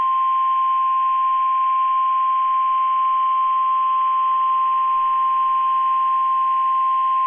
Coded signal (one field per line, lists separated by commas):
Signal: Emergency Alert System (SAME) tones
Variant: 1050 Hz attention tone